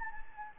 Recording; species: mosquito wingbeat signal from an infrared sensor; Anopheles gambiae